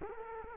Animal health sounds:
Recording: mosquito wingbeat signal from an infrared sensor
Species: Culex quinquefasciatus

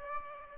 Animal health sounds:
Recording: mosquito wingbeat signal from an infrared sensor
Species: Aedes aegypti

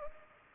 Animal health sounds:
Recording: mosquito wingbeat signal from an infrared sensor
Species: Culex pipiens

